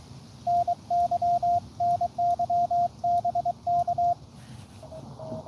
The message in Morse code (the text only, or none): NY NY BK